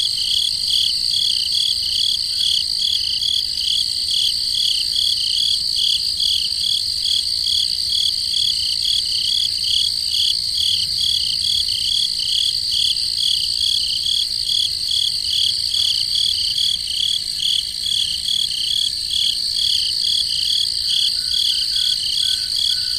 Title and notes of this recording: Peaceful Cricket Sounds at Night. Crickets in the forest at night